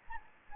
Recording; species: mosquito wingbeat signal from an infrared sensor; Anopheles gambiae